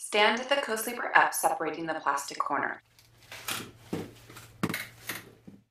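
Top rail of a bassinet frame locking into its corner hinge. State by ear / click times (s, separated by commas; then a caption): seated / 4.6 s. Someone talks while the plastic corners of a folded Arm's Reach Mini Arc Convertible Co-Sleeper (Ideal model) frame are pulled apart. The bassinet's top rails are then pulled up amid quieter handling noises. One sharp click at 4.6 s marks a top rail locking into its corner hinge, and the rail is seated.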